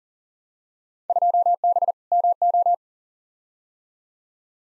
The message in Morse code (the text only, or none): 2B MO